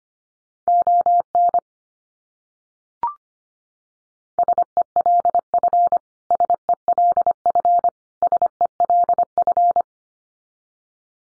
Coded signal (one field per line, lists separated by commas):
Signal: Morse code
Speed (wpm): 25 wpm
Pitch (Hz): 700 Hz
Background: none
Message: ON SELF SELF SELF